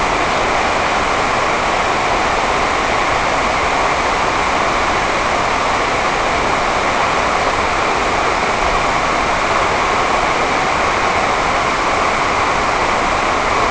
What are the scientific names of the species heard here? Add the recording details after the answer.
none. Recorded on Arctic tundra, site NAIT-1, on 28 June 2018. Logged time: 11:00